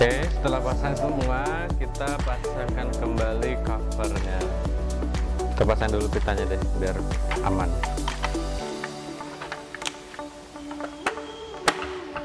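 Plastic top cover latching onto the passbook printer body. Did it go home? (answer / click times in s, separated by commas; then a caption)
yes / 11.7 s. A technician refits the plastic top cover onto a Tally T5040 passbook printer after replacing its main board, pressing it down over background music while someone talks. A few small plastic knocks come first, and the cover latch snaps home with a sharp click at 11.7 s, seating the cover.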